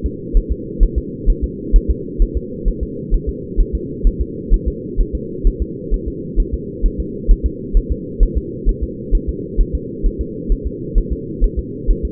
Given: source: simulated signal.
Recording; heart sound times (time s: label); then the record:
fetal heart sounds
0.06 s: S2
0.37 s: S1
0.52 s: S2
0.83 s: S1
0.98 s: S2
1.30 s: S1
1.44 s: S2
1.76 s: S1
1.91 s: S2
2.22 s: S1
2.37 s: S2
2.68 s: S1
2.83 s: S2
3.14 s: S1
3.29 s: S2
3.60 s: S1
3.75 s: S2
4.07 s: S1
4.21 s: S2
4.54 s: S1
4.68 s: S2
5.00 s: S1
5.15 s: S2
5.47 s: S1
5.62 s: S2
5.94 s: S1
6.08 s: S2
6.40 s: S1
6.54 s: S2
6.86 s: S1
7.00 s: S2
7.31 s: S1
7.46 s: S2
7.77 s: S1
7.92 s: S2
8.23 s: S1
8.38 s: S2
8.69 s: S1
8.83 s: S2
9.15 s: S1
9.29 s: S2
9.61 s: S1
9.75 s: S2
10.06 s: S1
10.21 s: S2
10.52 s: S1
10.67 s: S2
10.98 s: S1
11.13 s: S2
11.44 s: S1
11.59 s: S2
11.91 s: S1
12.05 s: S2
From the record:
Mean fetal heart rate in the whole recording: 130 bpm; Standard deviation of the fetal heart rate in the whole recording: 2 bpm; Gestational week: 38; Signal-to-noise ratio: -4.1 dB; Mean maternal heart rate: no maternal heart sound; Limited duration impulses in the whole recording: absent